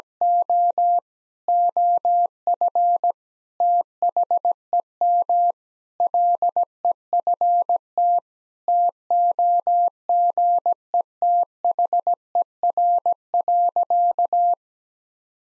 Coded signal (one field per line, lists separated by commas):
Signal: Morse code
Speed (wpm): 17 wpm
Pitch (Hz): 700 Hz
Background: none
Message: O OF THEM LEFT TOGETHER.